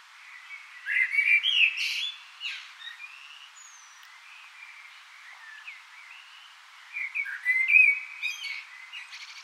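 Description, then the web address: Common blackbird delivering a low, mellow warble ending in a high chittering flourish, soft scattered notes in between, then another fluty phrase. "SETE Turdus merula"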